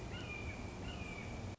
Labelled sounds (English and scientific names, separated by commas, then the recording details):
Red-shouldered Hawk (Buteo lineatus)
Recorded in Sonoma County, California